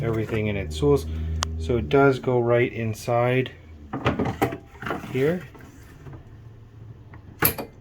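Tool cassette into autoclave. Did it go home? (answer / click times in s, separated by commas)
yes / 7.5 s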